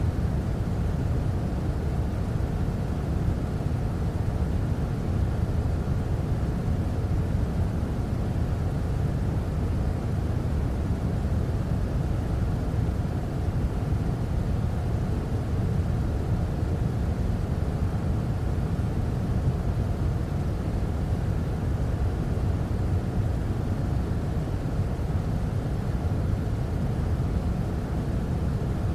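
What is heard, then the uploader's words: A white noise machine runs with a steady, unbroken hiss that holds the same level for the whole stretch. The sound is dense and weighted toward a deep, rumbling low end, much like an engine or cabin drone, with little brightness above. White Noise Machine Sounds.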